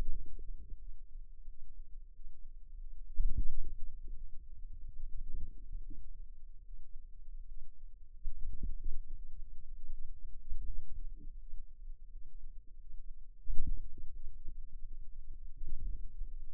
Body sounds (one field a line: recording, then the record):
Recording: forearm muscle sounds (acoustic myography)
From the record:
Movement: wrist flexion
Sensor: system 2, bracelet of six BSWA MPA416 microphones around the upper forearm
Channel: 6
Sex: female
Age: 23 years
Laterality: right